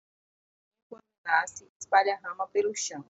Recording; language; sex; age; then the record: short text; Brazilian Portuguese; female; 30 to 39 years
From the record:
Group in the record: control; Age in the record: 33 years